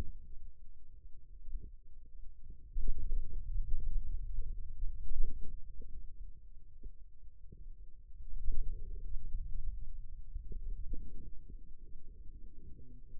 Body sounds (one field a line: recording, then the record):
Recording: forearm muscle sounds (acoustic myography)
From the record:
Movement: hand opening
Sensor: system 2, bracelet of six BSWA MPA416 microphones around the upper forearm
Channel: 2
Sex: male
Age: 22 years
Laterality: right